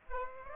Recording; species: mosquito wingbeat signal from an infrared sensor; Aedes aegypti